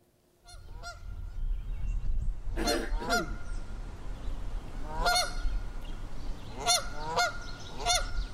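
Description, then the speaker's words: Canada goose contact calls, loud nasal honks in short bursts, with steady low rumble of background noise. Two birds giving contact calls back and forth. "What you're hearing is that contact call between them. You hear two birds calling back and forth."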